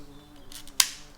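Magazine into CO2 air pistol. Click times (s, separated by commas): 0.8 s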